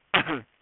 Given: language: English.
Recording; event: throat vibration sensor signal played as sound; cough